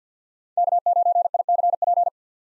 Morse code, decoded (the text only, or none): K9ICP